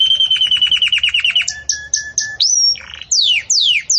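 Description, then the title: Belgian canary song: a fast series of chirps, then short steady whistles, a rising whistle, and loud sweeping downslurred notes. Belgian canary singing in the campainha (bell) style, used to teach song to chicks. "Belíssimo Canto Do Canário Belga Campainha Para Encarte De Filhotes"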